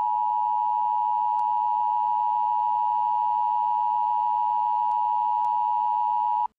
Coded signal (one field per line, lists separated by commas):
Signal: Emergency Alert System (SAME) tones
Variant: 853 and 960 Hz attention tone